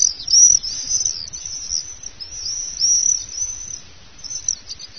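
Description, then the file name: Common swift screams: shrill, high-pitched buzzy screeches in short bursts, with faint low noise underneath. Dutch name gierzwaluw given. "gierzwaluw"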